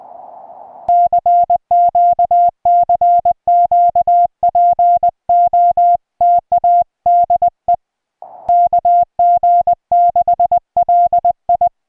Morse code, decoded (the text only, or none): CQ CQ POTA DE KG6LI